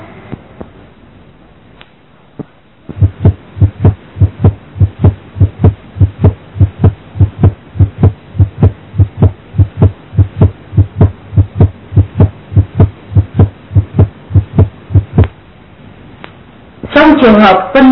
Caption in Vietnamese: Tiếng thứ nhất cũng có thể nghe mờ đi hoặc mất. Trong các trường hợp tràn dịch mà ngoài tim, thấp tim gây phù nề các lá van nhĩ thất, hở van nhĩ thất.